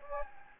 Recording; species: mosquito wingbeat signal from an infrared sensor; Anopheles gambiae